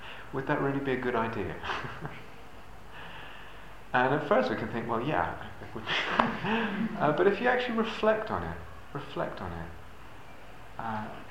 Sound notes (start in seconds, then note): 1.6 laughs; 5.9 laughter